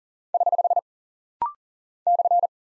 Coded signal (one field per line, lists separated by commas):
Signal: Morse code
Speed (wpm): 40 wpm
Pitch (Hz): 700 Hz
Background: none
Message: <HH> /